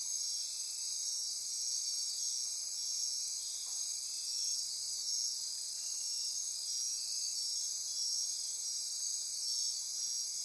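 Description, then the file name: Insect chorus, a dense continuous high-pitched shrilling and buzzing with several steady layered tones, no pauses throughout. Insect chorus recorded at midnight near Corcovado. "Wind-is-the-Original-Radio-Fridays Andy-Martin Midnight-Insect-Chorus-Near-Corcovado"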